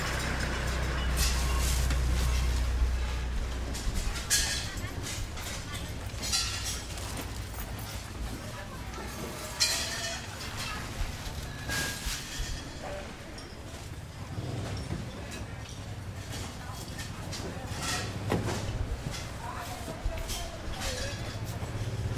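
A walking street market in Chiang Mai is being packed away, with steady overlapping voices and a deep vehicle rumble underneath, strongest in the first few seconds. Scattered clatters and bangs, along with short hissing bursts, break through every couple of seconds.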